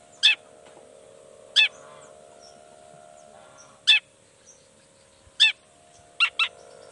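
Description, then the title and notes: Long-tailed shrike giving short harsh scratchy calls in several spaced bursts, with a steady background hum. Singing actively ('gacor') in the morning with varied 'toet toet' sounds; makes other shrikes respond ('nyaut') and open up their material. "Cendet Gacor Dor Di Kala Pagi Toet Toet Variasi Suara. Cendet Gacor Pagi Hari Biangnya Bikin Cendet Manapun Langsung On Nyaut. Burung cendet"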